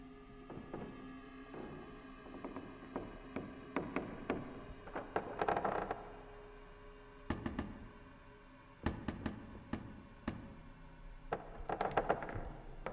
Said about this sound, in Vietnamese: Tiếng mèo cào móng vang lên một hồi rồi im bặt.